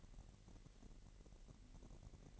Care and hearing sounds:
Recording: daily activity, microphone in the room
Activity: take from stove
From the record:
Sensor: 4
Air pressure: 1012.8 hPa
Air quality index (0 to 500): 239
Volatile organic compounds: 4 ppm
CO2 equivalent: 1593 ppm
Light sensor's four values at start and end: 28/66/27/26 and 27/63/26/25

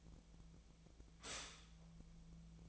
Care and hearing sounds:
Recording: daily activity, microphone in the room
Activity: stop toaster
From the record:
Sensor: 1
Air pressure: 1009.3 hPa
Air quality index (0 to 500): 195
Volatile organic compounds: 19 ppm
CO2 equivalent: 2666 ppm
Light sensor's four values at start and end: 27/70/29/34 and 27/70/29/34

